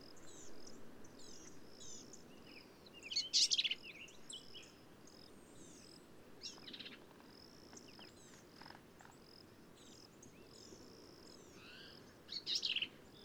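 Black-capped vireo song: two loud, scratchy, rapid phrases about nine seconds apart over a steady chorus of faint high bird notes.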